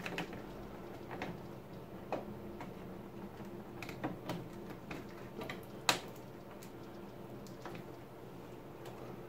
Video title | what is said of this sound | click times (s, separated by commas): MONTER SON PC C'EST FACILE ! 2018 | vous avez entendu le clic c'est que c'est bon | 5.9 s